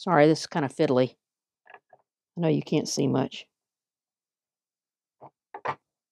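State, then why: Seated. Someone talks while fiddling with a replacement fuel tank vent on a Stihl BR340 leaf blower, with a few faint light ticks around 1.7 to 1.9 s. After the fiddly attempts, the vent is pushed into its rubber grommet in the fuel tank and seats with a single sharp pop at 5.6 s.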